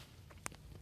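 A torque wrench set to 129 ft-lb tightens the ball joint nut on a lower control arm of a 1995 Mustang GT during a rack and pinion and lower control arm replacement. A faint tap at 0.3 s and a sharp click at 0.5 s are followed by a softer tick, with no talk in the clip. The wrench clicks at its setting, confirming the nut is torqued to 129 ft-lb.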